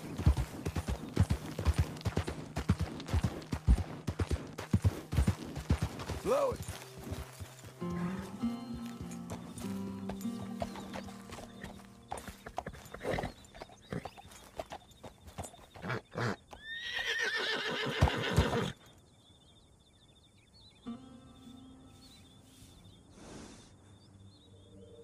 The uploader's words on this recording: The ambient sounds of the wilderness, wildlife, and weather. The gentle clip-clop of our horse's hooves.